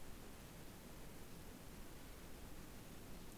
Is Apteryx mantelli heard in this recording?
no